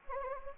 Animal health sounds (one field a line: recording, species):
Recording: mosquito wingbeat signal from an infrared sensor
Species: Anopheles gambiae